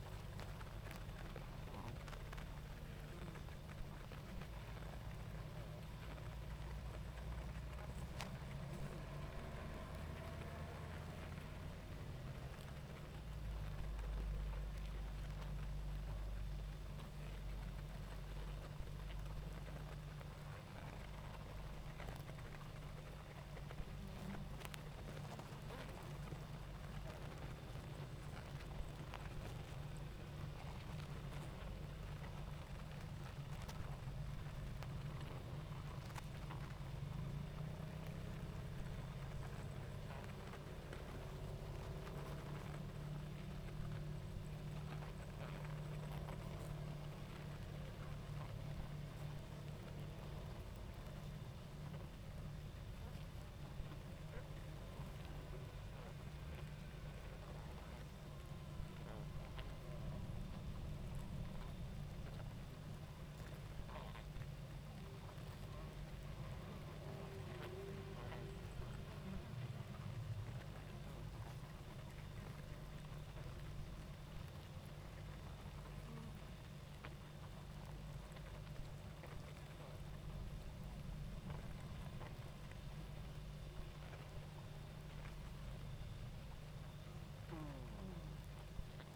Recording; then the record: honeybee colony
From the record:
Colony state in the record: active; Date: 28 July 2017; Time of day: 19:50